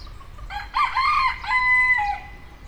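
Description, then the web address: Rooster crowing, a harsh harmonic call that holds a long steady note, then drops at the end, with quiet background hum. Rooster in the farmyard section of a zoo in Nyíregyháza, 2010. "nyiregyhazizoo 2010 standardt parasztudvar kakastyukfacan"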